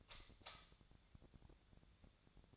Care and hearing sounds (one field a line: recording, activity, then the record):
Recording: daily activity, microphone in the room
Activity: light off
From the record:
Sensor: 3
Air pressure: 1009.8 hPa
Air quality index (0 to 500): 189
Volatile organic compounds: 14 ppm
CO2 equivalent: 2466 ppm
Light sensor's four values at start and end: 45/118/50/52 and 39/98/42/45